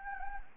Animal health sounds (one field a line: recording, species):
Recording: mosquito wingbeat signal from an infrared sensor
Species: Anopheles gambiae